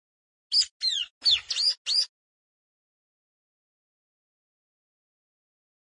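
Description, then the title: Plain prinia song: a quick burst of four or five buzzy, slurred notes, followed by several seconds of silence. "Ciblek Sawah 1"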